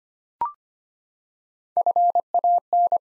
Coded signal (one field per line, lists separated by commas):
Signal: Morse code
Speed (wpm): 26 wpm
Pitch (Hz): 700 Hz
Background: none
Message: FAN